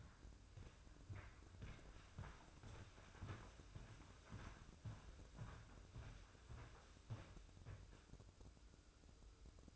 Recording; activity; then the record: daily activity, microphone in the room; walk to room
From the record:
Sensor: 2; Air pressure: 995.4 hPa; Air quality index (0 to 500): 81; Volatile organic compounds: 3 ppm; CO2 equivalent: 1445 ppm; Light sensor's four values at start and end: 23/75/30/28 and 23/74/29/28